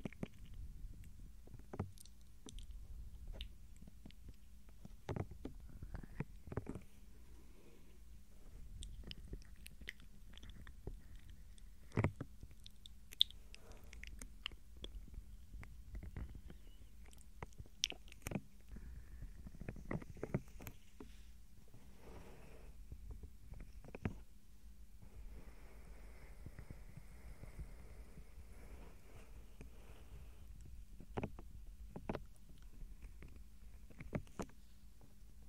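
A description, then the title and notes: Gentle mouth sounds and soft touches come as quick, crisp clicks and taps scattered irregularly throughout, a few slightly sharper around 13 and 18 seconds. Brief soft rustling textures fill some gaps, over a steady low hum. ASMR Tingles Overload SOFT Ear Touching & GENTLE Mouth Sounds For Sleep.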